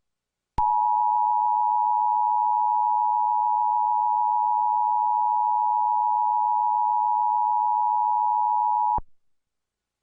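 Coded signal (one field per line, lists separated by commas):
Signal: Emergency Alert System (SAME) tones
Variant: 853 and 960 Hz attention tone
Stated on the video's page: Mock EAS storm alert with valid tones, originally from another uploader's audio.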